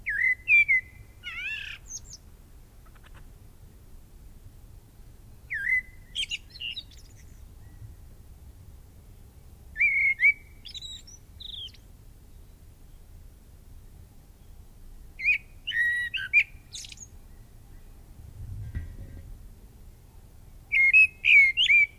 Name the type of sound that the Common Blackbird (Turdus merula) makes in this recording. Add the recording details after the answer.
song. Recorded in the wild. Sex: male. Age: adult. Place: Mark (gemeindefreies Gebiet), Bayern, DE. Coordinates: 49.6414, 10.9478. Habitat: forest. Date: 1964-03-25. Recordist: Tretzel, Erwin. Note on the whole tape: Hintere Mark (gemeindefreies Waldgebiet): Männchen: Gesang (Abendgesang)